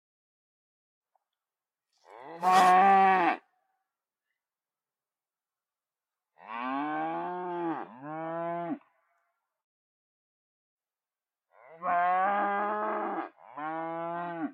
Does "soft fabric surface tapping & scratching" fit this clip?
no